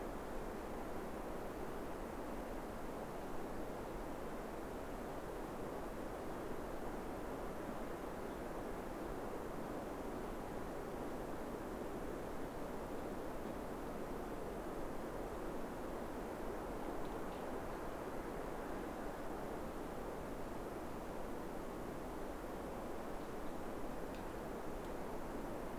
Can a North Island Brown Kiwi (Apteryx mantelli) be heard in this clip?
no